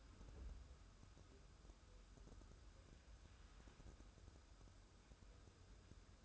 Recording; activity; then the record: daily activity, microphone in the room; wipe stove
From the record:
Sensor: 2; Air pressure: 1015.0 hPa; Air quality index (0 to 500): 54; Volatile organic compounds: 1 ppm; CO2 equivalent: 660 ppm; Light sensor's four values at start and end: 13/35/14/15 and 13/35/14/15